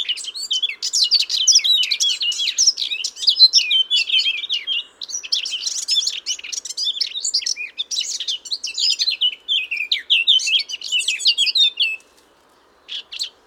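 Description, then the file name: Eurasian blackcap song in a long, dense warble of fast twisting notes lasting about twelve seconds, then a pause and one short closing note. "Sylvia atricapilla"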